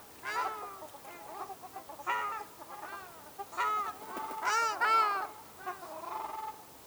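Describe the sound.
Ruddy shelduck calling with separate nasal honks, scattered at first, then a burst of loud trumpeting calls around four to five seconds.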